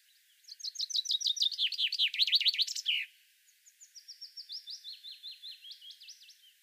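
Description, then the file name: Common chaffinch song: a rapid run of bright, falling notes that grows louder and ends in a flourish, followed by a softer second series of slurred notes. "Fringilla coelebs"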